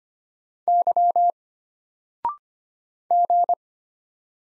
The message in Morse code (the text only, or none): Y G